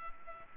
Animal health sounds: mosquito wingbeat signal from an infrared sensor; Culex pipiens

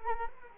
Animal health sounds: mosquito wingbeat signal from an infrared sensor; Culex quinquefasciatus

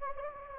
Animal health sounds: mosquito wingbeat signal from an infrared sensor; Anopheles gambiae

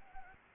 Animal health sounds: mosquito wingbeat signal from an infrared sensor; Anopheles arabiensis

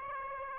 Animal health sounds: mosquito wingbeat signal from an infrared sensor; Aedes aegypti

